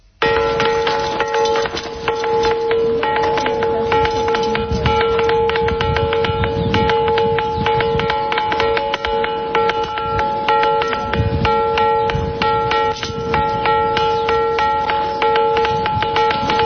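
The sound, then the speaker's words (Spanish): Phonolith bell stones struck over and over, sustaining a loud, continuous metallic ringing with steady bell-like tones and dense clanking hits throughout, no voices. “Y esto, aunque parezca mentira, son piedras y suenan así, por eso también le llaman piedras de campana.”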